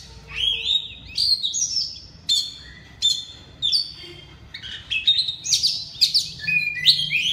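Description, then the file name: Oriental magpie-robin song of separate sharp whistles and scratchy notes, spaced out at first, then quickening into dense loud phrases. Loud, open-voiced singing style called ngeplong keras. "suara kacer ngeplong keras"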